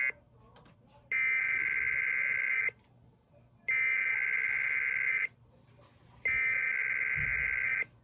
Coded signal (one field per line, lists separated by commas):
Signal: Emergency Alert System (SAME) tones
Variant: header bursts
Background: speech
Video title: EAS 2855-2857: KDKA EAS Test + Usual Relays & Shenanigans